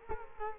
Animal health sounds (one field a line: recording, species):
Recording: mosquito wingbeat signal from an infrared sensor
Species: Culex quinquefasciatus